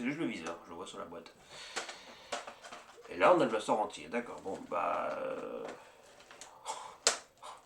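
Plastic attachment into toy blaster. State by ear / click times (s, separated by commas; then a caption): seated / 7.1 s. Someone talks while handling a plastic toy blaster, with a few small handling taps. At 7.1 s a plastic attachment is pushed home into the blaster with a sharp, loud snap, and it locks into place.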